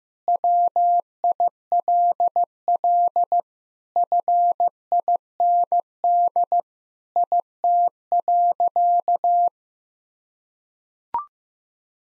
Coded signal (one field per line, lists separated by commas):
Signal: Morse code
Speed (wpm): 15 wpm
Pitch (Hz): 700 Hz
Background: none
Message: WILL FIND IT.